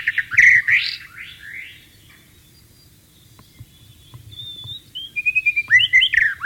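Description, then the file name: White-rumped shama gives a burst of sweeping slurred notes, falls quiet for a few seconds, then resumes with loud rapid whistles and trills. Wild bird, in the wild. "suara burung murai batu di alam liar"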